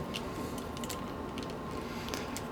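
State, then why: Not seated. A plastic shoulder cannon is handled against the shoulder mount of an S.H. MonsterArts Kiryu Shinagawa Final Battle Version robot monster action figure, being lined up to be pushed until it snaps on. Faint, light plastic ticks and rubs sit over a steady low background hum. Nothing has snapped on or seated yet.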